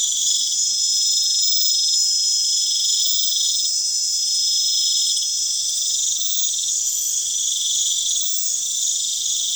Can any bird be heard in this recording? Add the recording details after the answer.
no. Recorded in pastures near Puerto Asís, Putumayo, Colombia, on 25 June 2025 at 23:00. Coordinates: 0.502, -76.324. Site G010